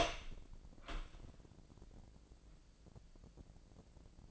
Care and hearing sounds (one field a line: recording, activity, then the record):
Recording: daily activity, microphone in the room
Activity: open door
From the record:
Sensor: 5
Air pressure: 1012.3 hPa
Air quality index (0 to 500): 159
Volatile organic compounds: 2 ppm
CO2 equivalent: 1082 ppm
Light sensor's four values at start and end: 247/600/252/276 and 251/610/255/281